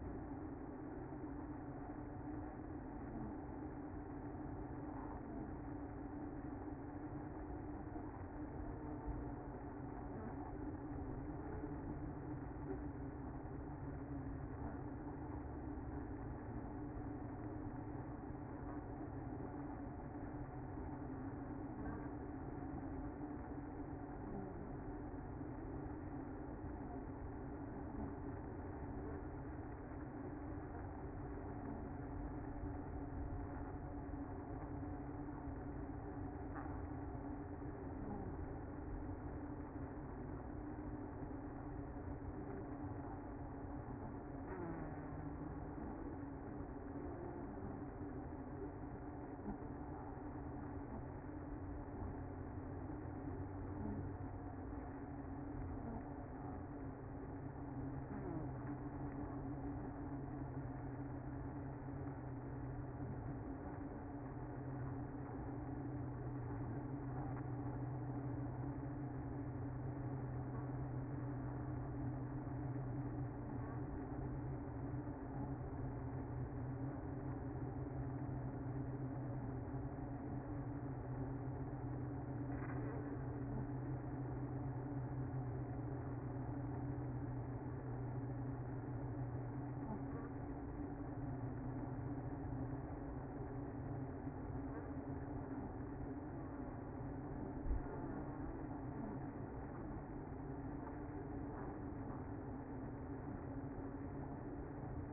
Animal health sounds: honeybee colony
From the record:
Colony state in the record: active

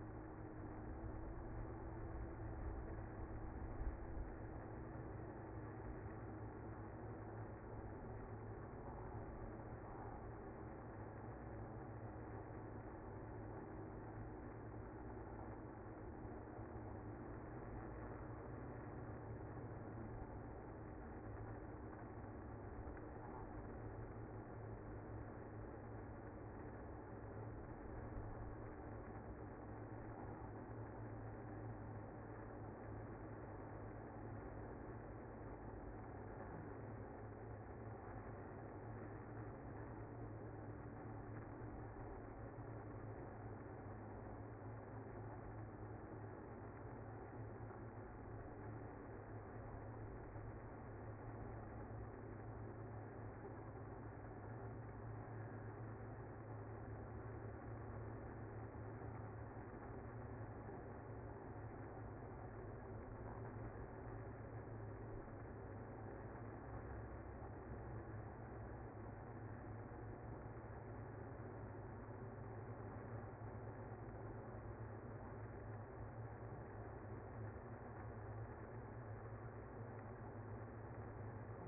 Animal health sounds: honeybee colony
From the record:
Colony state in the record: active

